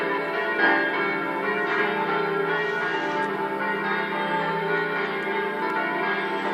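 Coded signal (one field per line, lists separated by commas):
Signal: bell signal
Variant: Italian distesa, five bells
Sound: several large church bells swinging and ringing continuously in overlapping peals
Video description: distesa delle cinque campane minori mezz' ora prima della messa delle 09:30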